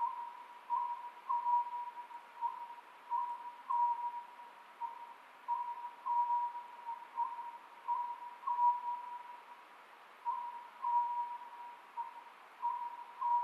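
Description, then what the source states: Oriental scops owl hooting in brisk repeated phrases of short tonal notes, continuing evenly through the recording above a faint steady tone. Recorded 27 May 2010 at 23:35.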